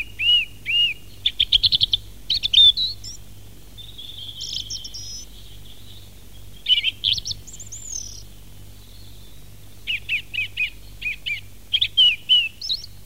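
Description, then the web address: Song thrush delivering varied whistled phrases: slurred notes, a buzzy trill, a drawn-out high squeal, then a rapid series of repeated chirps. "fugler maaltrost"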